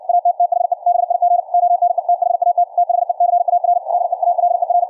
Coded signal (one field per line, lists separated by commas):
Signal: Morse code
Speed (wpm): 64 wpm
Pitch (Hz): 700 Hz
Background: radio noise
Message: AT THE BIG ONE THAT THE CAR DEALER